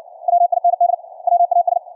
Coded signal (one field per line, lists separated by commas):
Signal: Morse code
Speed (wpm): 60 wpm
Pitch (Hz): 700 Hz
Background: none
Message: WIND WAS